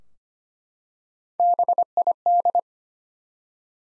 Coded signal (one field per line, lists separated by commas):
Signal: Morse code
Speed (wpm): 25 wpm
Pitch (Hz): 700 Hz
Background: none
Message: BID